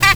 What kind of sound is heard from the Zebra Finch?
stack call